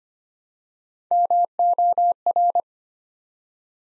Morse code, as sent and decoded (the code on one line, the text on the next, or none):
-- --- .-.
MOR